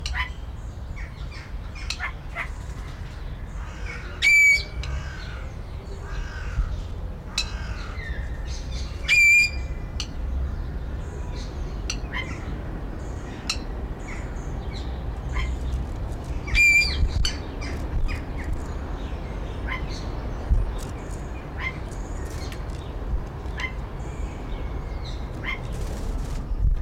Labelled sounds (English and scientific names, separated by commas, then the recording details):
Fire-tufted Barbet (Psilopogon pyrolophus) call, Golden Myna (Mino anais)
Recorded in captivity
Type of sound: call, call sequence
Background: Mino anais
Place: Zoo Berlin, Berlin, DE
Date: 1993-03-20
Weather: 5-8 ° C, böiger Wind
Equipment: Marantz CP 430, Sennheiser ME 80, Kopie Uher Variocord 263
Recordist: Tembrock, Günter
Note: Harte Kurzlaute